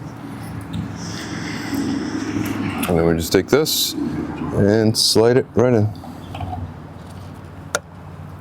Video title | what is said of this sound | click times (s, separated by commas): How to Change Oil on a Chrysler Pacifica 3.6L - Step-by-Step DIY | you hear it click. | 7.8 s